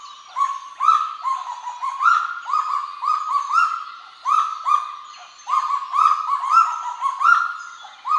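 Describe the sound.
Kagu calls in quick succession, rising nasal notes held briefly, at times overlapping in a busy, uneven rhythm across the whole stretch.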